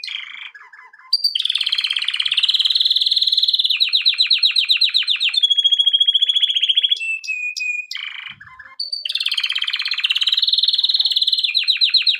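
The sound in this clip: Canary singing a long, loud song of fast trills and rolls, each tour repeating a single note many times before switching to a new, higher or lower phrase.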